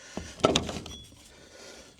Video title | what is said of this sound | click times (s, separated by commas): Taking care of cows during a DROUGHT with Minerals and chopped Corn! | Should hear it snap. There you go. | 0.6 s